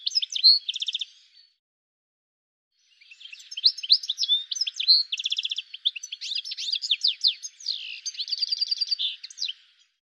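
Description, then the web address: Bird chirps: a quick burst of high twittering notes and short trills, a pause of over a second, then a long run of varied chirps, buzzy trills and sharp tweets. "cianscape birddata"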